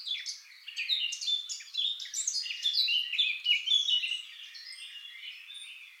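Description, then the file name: Eurasian blackcap song of rapid, jumbled high notes, loud through the first four seconds, then fading to a softer twitter with a few thin high whistles. "Sylvia atricapilla"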